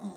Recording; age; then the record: pig call; piglet (1 to 25 days)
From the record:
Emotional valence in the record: negative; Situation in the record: short isolation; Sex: female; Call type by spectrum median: low-frequency call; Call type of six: low-frequency stable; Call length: 0.17 s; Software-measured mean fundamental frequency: 49 Hz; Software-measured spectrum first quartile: 202 Hz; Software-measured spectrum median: 284 Hz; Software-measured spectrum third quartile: 857 Hz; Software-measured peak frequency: 203 Hz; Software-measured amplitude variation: 131 dB a second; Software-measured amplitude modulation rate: 5.8 a second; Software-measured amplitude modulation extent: 22.7 dB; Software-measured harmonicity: 7.2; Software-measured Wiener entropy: -0.69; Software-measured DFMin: 808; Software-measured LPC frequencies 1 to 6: 1876, 3726, 5620, 6405, 7274, 8215 Hz